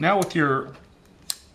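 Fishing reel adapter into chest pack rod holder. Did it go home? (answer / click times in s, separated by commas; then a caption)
yes / 1.3 s. A fishing reel adapter with the reel attached is slid onto a chest-pack rod holder while someone talks. It locks in place with one sharp, fast-decaying click at 1.3 s.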